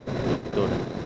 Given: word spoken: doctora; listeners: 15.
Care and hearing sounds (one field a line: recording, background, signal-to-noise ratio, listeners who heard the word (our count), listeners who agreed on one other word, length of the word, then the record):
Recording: one Spanish word in noise, from a listening test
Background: noise modulated by three-talker babble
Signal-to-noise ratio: -3.2 dB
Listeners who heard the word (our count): 3 of 15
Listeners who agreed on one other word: 7 of 15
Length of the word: 0.65 s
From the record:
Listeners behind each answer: 7, 3, 3, 1, 1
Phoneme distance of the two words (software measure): 7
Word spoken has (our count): 3 syllables, 7 phonemes, stress on syllable 2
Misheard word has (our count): 2 syllables, 6 phonemes, stress on syllable 2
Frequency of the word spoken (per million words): 11.30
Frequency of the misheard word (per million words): 114.88